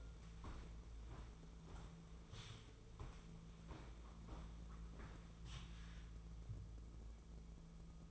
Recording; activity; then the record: daily activity, microphone in the room; walk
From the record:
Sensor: 1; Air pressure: 1005.6 hPa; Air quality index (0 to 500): 127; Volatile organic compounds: 5 ppm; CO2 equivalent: 1783 ppm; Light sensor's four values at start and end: 11/27/11/12 and 11/27/11/12